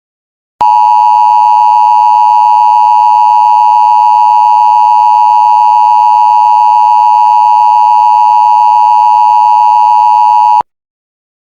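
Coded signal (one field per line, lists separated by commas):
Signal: Emergency Alert System (SAME) tones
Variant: 853 and 960 Hz attention tone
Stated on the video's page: Fictional nuclear bomb EAS scenario interrupting a cartoon, using valid EAS tones.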